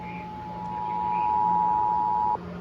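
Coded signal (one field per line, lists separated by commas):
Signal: Emergency Alert System (SAME) tones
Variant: 853 and 960 Hz attention tone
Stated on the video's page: Severe thunderstorm warning on NOAA Weather Radio and a broadcast station.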